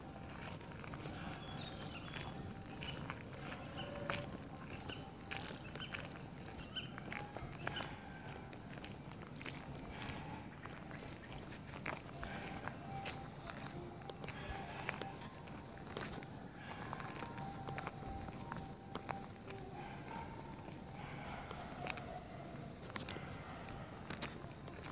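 Dawn at NIRD Hyderabad: a dense, steady wash of outdoor sound with a constant low rumble underneath. Bird calls and chirps scatter throughout, mixed with frequent short clicks and taps, and faint voices or footsteps seem to pass now and then.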